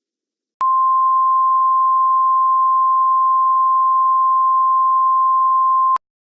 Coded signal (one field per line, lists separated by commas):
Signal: Emergency Alert System (SAME) tones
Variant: 1050 Hz attention tone